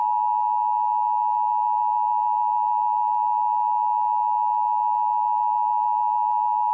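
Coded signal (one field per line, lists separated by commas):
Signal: Emergency Alert System (SAME) tones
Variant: 853 and 960 Hz attention tone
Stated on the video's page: Remake of an Emergency Alert System alert made with KineMaster.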